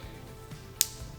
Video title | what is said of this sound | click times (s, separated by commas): UNBOXING - CHERI - SUPER VIP 4000M Professional Cordless Nail Drill | and you will get to the unlock setting and it does a little click we | 0.8 s